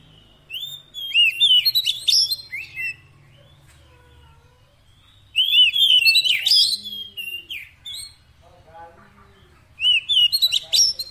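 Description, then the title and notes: Oriental magpie-robin song: three separate bursts of rich whistles and chattery notes, with quiet gaps between and a faint low hum beneath. Kacer fill-in (isian) song, played so that a bird becomes a strong singer day and night. "Kacer Jadi Gacor Siang Malam. Isian Kacer"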